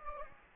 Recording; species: mosquito wingbeat signal from an infrared sensor; Anopheles gambiae